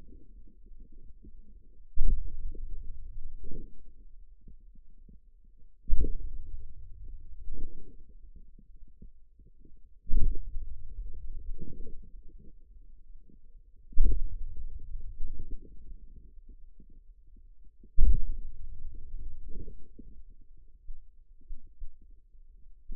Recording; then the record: forearm muscle sounds (acoustic myography)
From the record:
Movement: hand opening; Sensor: system 2, bracelet of six BSWA MPA416 microphones around the upper forearm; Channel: 5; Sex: male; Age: 22 years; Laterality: right